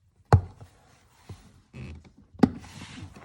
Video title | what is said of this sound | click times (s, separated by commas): Lasfit Lighting floor mat install on a SRT Durango | pop those out. | 0.3 s, 2.4 s